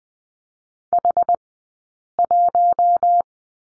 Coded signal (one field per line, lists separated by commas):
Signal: Morse code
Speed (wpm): 20 wpm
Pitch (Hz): 700 Hz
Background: none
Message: H1